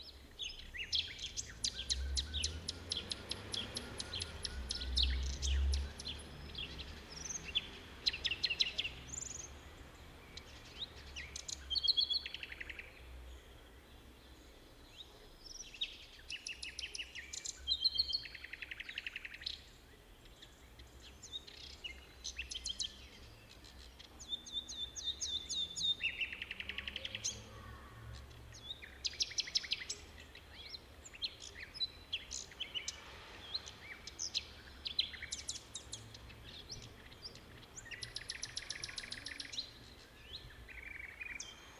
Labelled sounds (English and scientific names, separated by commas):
Common Nightingale (Luscinia megarhynchos) song